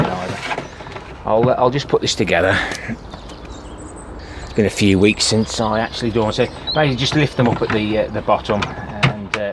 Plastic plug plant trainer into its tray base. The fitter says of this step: they click into place so uh there's a little lip there